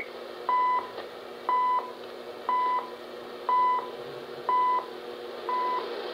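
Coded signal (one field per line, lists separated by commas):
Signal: radio time signal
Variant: CHU Canada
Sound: six short 1 kHz beeps, one each second, over steady radio hiss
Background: radio static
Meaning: Each tick marks the start of a second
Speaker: reception of chu canada here let me turn that down this is chu canada it is a canadian time station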